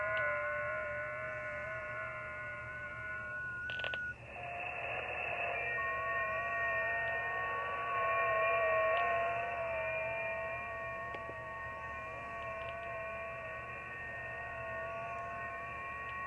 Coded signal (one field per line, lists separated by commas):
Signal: FT8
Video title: New Xiegu X6200 Ultra Portable QRP Ham Radio!